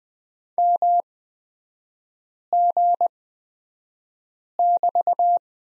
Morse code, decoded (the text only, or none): MG<BT>